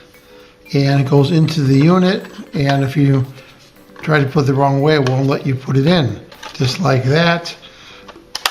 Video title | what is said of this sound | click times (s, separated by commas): BEST Variable Speed Cordless Rotary Tool Dremel 8220 Series 12-V Lithium-Ion Variable Speed REVIEW | you'll hear a click and you know what's in now | 8.3 s, 8.5 s